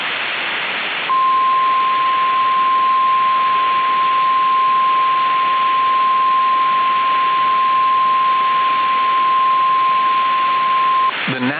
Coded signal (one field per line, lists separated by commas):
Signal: Emergency Alert System (SAME) tones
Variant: 1050 Hz attention tone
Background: speech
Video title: [REQUESTED EAS MOCK] something interesting at last